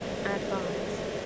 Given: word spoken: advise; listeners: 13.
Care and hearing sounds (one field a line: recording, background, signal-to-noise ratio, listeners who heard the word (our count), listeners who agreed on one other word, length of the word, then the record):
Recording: one English word in noise, from a listening test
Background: speech-shaped noise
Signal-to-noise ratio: -4.1 dB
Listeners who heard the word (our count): 4 of 13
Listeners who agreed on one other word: 7 of 13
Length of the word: 0.86 s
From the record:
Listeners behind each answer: 7, 4, 1, 1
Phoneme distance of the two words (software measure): 27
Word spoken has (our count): 2 syllables, 5 phonemes, stress on syllable 2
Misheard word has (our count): 2 syllables, 6 phonemes, stress on syllable 2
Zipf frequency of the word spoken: 3.98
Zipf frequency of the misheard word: 4.42